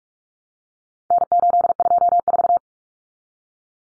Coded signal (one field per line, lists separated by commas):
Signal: Morse code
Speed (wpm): 44 wpm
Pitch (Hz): 700 Hz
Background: none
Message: N824